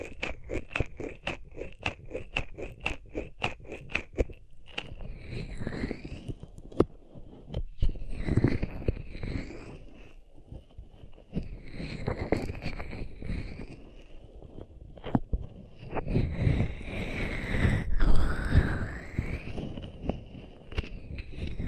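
Hands rub over the ears, opening with a quick series of sharp taps for about four seconds. After that come long, rough rubbing passages in waves, each swelling and fading, with muffled low thumps and bright scratchy swishes. The rubbing grows strongest near the end.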